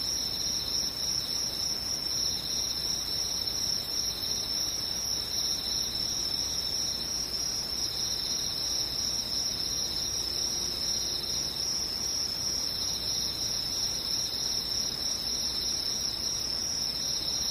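Insects chirr without pause, a dense, high, shimmering trill that holds steady for the whole stretch with no breaks. Several bright bands layer on top of one another, and a soft low hiss sits underneath throughout.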